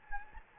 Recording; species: mosquito wingbeat signal from an infrared sensor; Anopheles gambiae